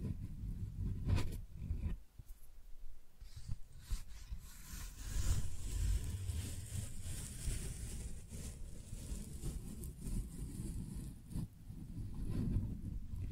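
Tingly flower sounds: steady soft rustling and crinkling with a low rumble, brief sharp scratches near 1, 4 and 11 seconds.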